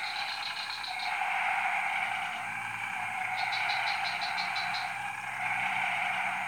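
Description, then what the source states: Frog chorus droning on continuously while two quick series of sharp, high clicks sound over it. Chorus recorded at 03:00 on Tuesday 14 February 2017 at Jalan Kolonel Sugiono No. 9, Kuala Kapuas, Central Kalimantan, Indonesia.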